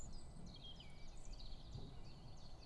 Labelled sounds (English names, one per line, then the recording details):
Common Chiffchaff
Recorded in Germany
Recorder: ecoPi